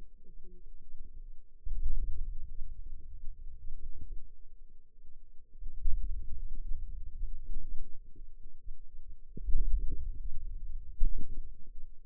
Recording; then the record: forearm muscle sounds (acoustic myography)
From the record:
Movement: hand opening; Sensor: system 2, bracelet of six BSWA MPA416 microphones around the upper forearm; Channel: 2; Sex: female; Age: 21 years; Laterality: right